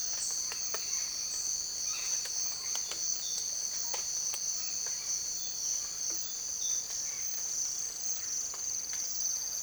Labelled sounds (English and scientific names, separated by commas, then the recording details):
none
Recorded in dense forest near Puerto Asís, Putumayo, Colombia, on 20 December 2024 at 06:30
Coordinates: 0.482, -76.320
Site G021